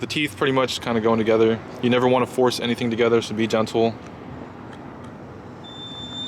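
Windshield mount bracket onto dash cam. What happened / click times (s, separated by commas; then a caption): The mount teeth were lined up without a seating click / none. Someone talks while lining up the toothed windshield mount bracket with the body of an AZDOME M17 WiFi dash cam, gently fitting the teeth together before pushing it home. Nothing has seated or clicked yet. The talking stops just before 4.0 seconds, leaving a low steady background hiss with a faint high tone near the end.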